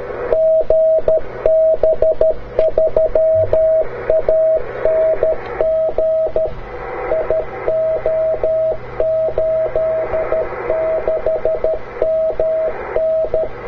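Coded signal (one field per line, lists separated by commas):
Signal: Morse code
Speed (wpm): 13 wpm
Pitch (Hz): 640 Hz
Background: radio noise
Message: GB3ANG IO86MN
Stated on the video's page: Beacon on the 4 m band (70 MHz), received at a distant station.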